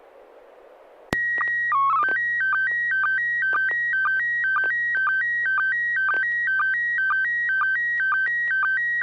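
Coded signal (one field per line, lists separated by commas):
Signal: SSTV (slow-scan television)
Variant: PD 120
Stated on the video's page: SSTV net on an FM repeater at 441.300 MHz in Sacramento, CA, using MMSSTV software.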